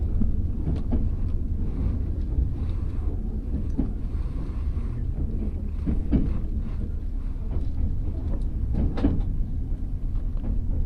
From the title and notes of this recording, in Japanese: 鉄道旅 佐賀→博多→中洲川端→呉服町。